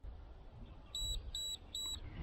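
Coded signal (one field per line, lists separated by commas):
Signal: beep code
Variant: Hawkeye Firefly camera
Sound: three short high-pitched beeps, evenly spaced, over a low background rumble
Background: low background noise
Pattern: 3 short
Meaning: Camera switched to 2.7K resolution mode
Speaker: To change modes, it's long press the record button and you hear 3 beeps. That's 2.7 Ks.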